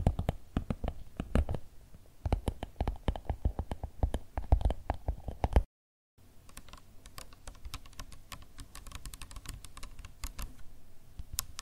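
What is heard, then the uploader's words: Rapid fingertip tapping on objects, with dense clicks and soft thuds. The first half has louder, deeper knocks; after a brief silent break near six seconds, the tapping turns lighter, brighter and quicker, continuing steadily. ASMR 1 Hour Tapping No Talking For Sleep (Louis Vuitton, Yankee Candle, Bamboo, .)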